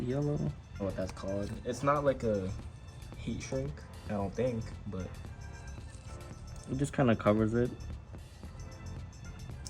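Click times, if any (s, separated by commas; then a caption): 9.7 s. Two halves of a plastic wiring connector on the rear LED sequential turn signal tail light harness of a 2008 350Z HR are pushed together, over someone talking and background music. The connector clicks in at 9.7 s, seated, and the click matters because it can seem plugged in when it isn't.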